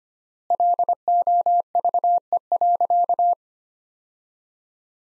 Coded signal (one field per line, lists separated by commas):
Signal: Morse code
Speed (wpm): 25 wpm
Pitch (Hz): 700 Hz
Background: none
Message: LOVE.